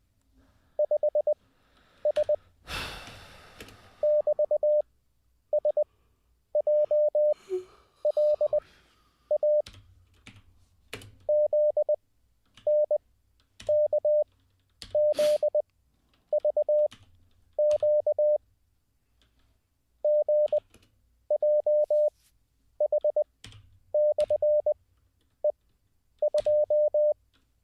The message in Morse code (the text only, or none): 5S <BT>SJLA ZNKZVQ GJH/E2